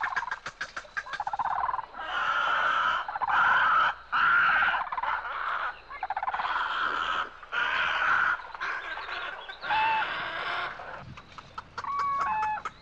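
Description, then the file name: Indian peafowl clucking in long harsh, buzzy bursts lasting a second or more, separated by short pauses, with sharp clicking taps at the start and end. "Peacock clucking"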